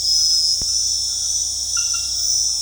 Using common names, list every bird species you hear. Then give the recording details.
none. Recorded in dense forest near Puerto Asís, Putumayo, Colombia, on 21 February 2024 at 23:00. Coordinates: 0.485, -76.322. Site G6406